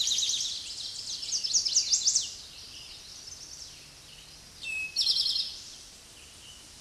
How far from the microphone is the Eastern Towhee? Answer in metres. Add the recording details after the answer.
about 5 m. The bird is about level with the microphone. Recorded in a Pennsylvania forest on 16 May 2024 at 06:07. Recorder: AudioMoth, point MSD-2166. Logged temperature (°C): 16.3 °C. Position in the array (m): 110 m, 7 m